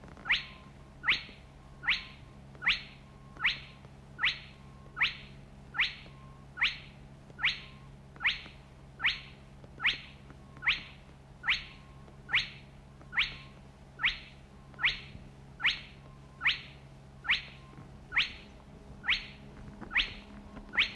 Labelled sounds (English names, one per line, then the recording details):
Spotted Crake
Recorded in the wild
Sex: male
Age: adult
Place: Krakow am See, Mecklenburg-Vorpommern, DE
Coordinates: 53.6508, 12.2675
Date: 1963-06-25 22:30
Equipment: Reporter R 26
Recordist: Neubauer, Axel